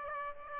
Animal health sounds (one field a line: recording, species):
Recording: mosquito wingbeat signal from an infrared sensor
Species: Aedes aegypti